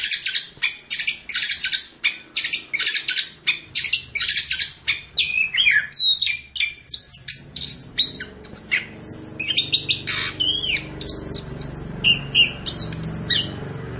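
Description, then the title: Long-tailed shrike song: rapid harsh buzzy notes repeated in a fast series, then shifting to varied whistled, slurred phrases mixed with scratchy chatter. "Cendet Pentet"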